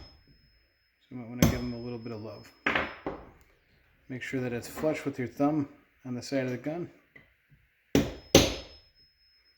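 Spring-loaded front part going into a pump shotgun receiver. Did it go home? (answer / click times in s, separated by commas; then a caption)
yes / 8.3 s. While reassembling a Remington 870 pump shotgun, a spring-loaded front part is pressed with a thumb until it sits flush with the side of the steel receiver as someone talks. Two sharp metallic snaps come at 8.0 s and 8.4 s, and the part clicks into place at 8.4 s.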